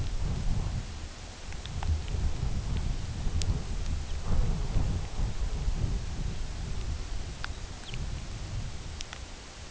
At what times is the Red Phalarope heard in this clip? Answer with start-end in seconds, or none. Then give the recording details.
none. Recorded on Arctic tundra, site UTQI-2, on 17 June 2019. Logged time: 08:00